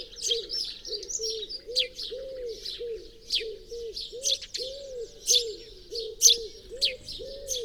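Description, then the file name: House sparrow giving a busy stream of harsh chirps, uneven in rhythm, over a steady series of soft low cooing notes from another bird. "Passer domesticus"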